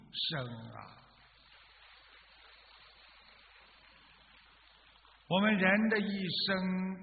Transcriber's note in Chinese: 掌声